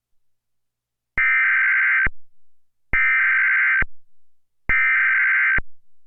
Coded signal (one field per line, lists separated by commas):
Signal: Emergency Alert System (SAME) tones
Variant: header bursts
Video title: EAS: Local Area Emergency for Kanawha West Virginia EAS #14